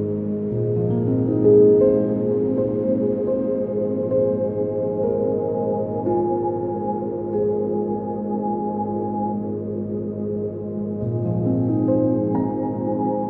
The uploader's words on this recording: As the record spins slowly, it opens a doorway to a soft and nostalgic standup piano.